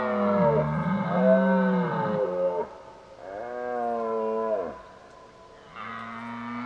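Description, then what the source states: Red deer stag bellowing: deep, groaning roars in a row with short gaps, the last cut off at the end. Old stag roaring during the rut (burlen).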